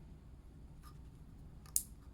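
The swapped wire's metal pin terminal of a Curt 56468 trailer hitch wire harness is pushed into pin position three of the plastic female trailer connector housing on a 2021+ Ford Bronco, so the harness works with halogen tail lights. After a low steady hum and a faint tick, a single sharp, bright click sounds at 1.8 s as the pin seats in the housing.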